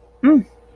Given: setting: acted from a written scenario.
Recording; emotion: vocal sound without words; realization